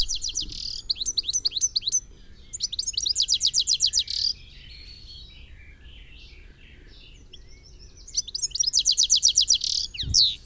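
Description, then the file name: European Goldfinch calls: bright, high twittering bursts of rapid tinkling notes, three runs of about one to two seconds each, separated by quieter scattered chirps. "Carduelis carduelis"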